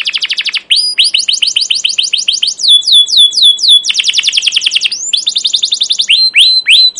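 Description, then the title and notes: Canary song alternating dense buzzy trills with slower, clear down-slurred whistled chirps, repeated in varied phrases. Captive canary with long, emotional, chattering song used as a training lure (pancingan/masteran) to teach young canaries to sing. "CUIT CUIT NGEROL LANGSUNG GACOR PANJANG Kenari Ini AMPUH Utk Pancingan KENAR. PANCINGAN Kenari GACOR PANJANG Cuit CUIT EMOSI ini AMPUH utk MASTERAN Kenari PAUD belajar BUNYI. burung kenari"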